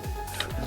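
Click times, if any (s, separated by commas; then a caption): 0.4 s. During transformation of a plastic Transformers Legacy Skywasp action figure, a plastic part is pushed into its slot on the figure body over a steady low tonal hum. A short, sharp snap at 0.4 s marks the part seating firmly in place.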